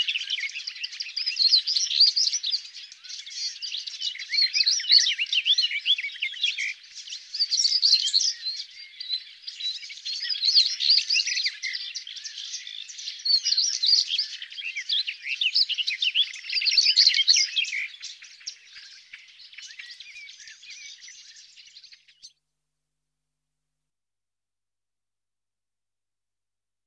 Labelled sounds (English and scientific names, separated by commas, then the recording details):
European Stonechat (Saxicola rubicola) song
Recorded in the wild
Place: Wasenweiler am Kaiserstuhl, Baden-Württemberg, DE
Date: 1997-06-07
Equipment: Dat-Recorder Casio DA 7, Telinga DAT, Telinga-Parabolspiegel
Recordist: Schwarz, Dieter